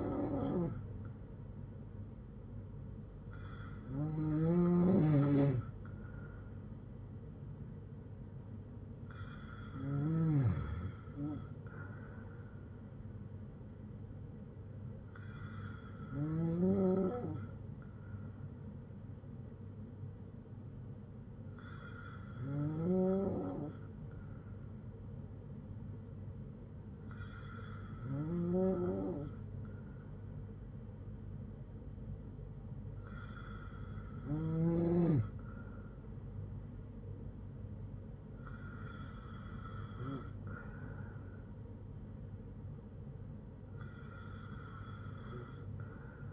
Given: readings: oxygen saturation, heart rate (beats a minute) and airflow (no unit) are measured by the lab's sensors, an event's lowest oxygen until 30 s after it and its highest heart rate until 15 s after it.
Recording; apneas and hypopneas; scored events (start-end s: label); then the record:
breathing in sleep by a smartphone at the bedside; none
none scored
From the record:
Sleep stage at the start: N2 (light sleep); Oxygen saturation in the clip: 93 to 95%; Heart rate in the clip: 55 to 63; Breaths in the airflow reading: 8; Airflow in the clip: -6.1 to 6.3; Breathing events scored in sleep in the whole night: 182 in 7.4 hours asleep